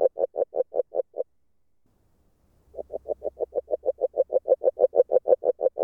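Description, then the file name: Agile frog call: a short run of clear, evenly spaced knocks, a silent gap of over a second, then a longer, steady series. Hungary. "Magyarorsz g B kahangjai - Erdei beka Agile Frog"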